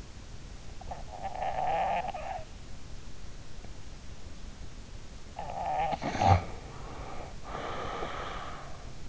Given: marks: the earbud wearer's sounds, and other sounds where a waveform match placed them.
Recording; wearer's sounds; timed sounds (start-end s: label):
sounds in sleep by an in-ear microphone; snoring breath
0.60-2.46 s: snoring breath
5.32-9.09 s: snoring breath